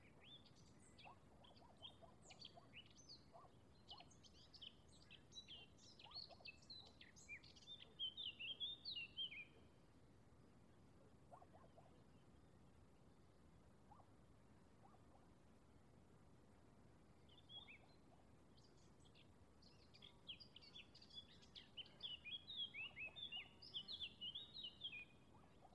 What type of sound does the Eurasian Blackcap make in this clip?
song